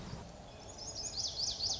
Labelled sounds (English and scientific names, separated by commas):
Lazuli Bunting (Passerina amoena)